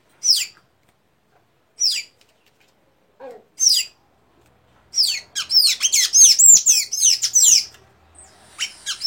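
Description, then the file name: Tanager song: a few sharp, high, downslurred notes spaced well apart, then a rapid burst of squeaky, chattering chirps. "canto da pipira da amazonia"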